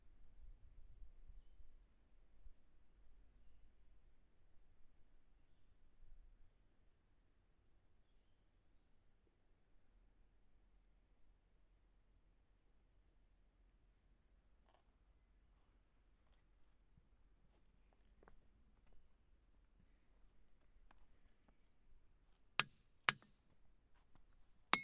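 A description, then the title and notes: A hammer strikes rocks outdoors, first a lone tap, then scattered light ticks and three sharp, bright blows near the end over a low, quiet rumble. Ringing Rock State Park. The episode is a binaural field recording of me walking around hitting rocks with a hammer for about 20 minutes. Some rocks ‘ring’ while others don’t.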